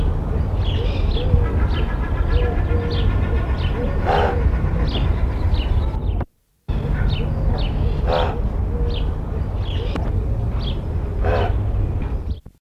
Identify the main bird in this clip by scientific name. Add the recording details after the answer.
Corvus albicollis. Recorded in captivity. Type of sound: call. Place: Zoo Augsburg, Bayern, DE. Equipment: Halbspur, 9,5 cm/s. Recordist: Lütgens, Hans. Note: Rufe